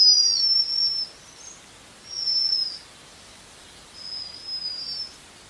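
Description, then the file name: Japanese waxwing giving thin, very high sibilant trills in three separate bursts of level notes with quiet gaps between, over a faint steady hiss. "Canto da japanese Waxwing"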